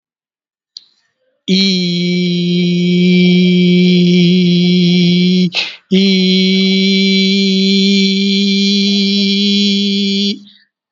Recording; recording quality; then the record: sustained vowel as in beet; excellent, no background noise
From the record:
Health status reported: COVID-19 positive, mild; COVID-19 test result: positive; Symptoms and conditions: cough, breathing difficulty, fever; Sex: male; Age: 38 years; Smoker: not ticked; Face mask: worn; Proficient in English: yes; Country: India